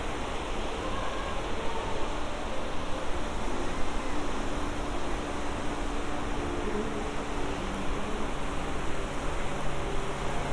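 Walking the beach by Santa Monica Pier: a steady, dense wash of noise with low rumble and faint humming tones drifting through, unchanging throughout.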